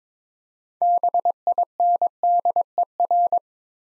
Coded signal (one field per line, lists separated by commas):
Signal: Morse code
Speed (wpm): 22 wpm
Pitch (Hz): 700 Hz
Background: none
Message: BINDER